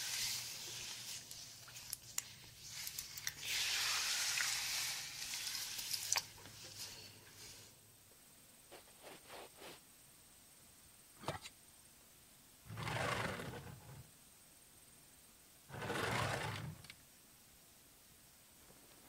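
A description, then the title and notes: Hissing spray of water rinses hair for about seven seconds, then quiet brushing and taps, followed by two short bursts of spraying. First Person Head Spa Hair Wash, Brushing, Oil Ear Massage, Steam Mask.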